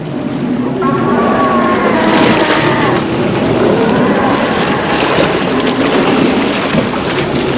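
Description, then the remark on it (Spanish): Loud, churning water roars and splashes continuously as two sea monsters fight, with heavy surging waves crashing against a raft and a rumbling, windy undertone throughout, and no voices. “Levantan montañas de agua que llegan hasta la balsa, poniéndonos a punto de zozobrar.”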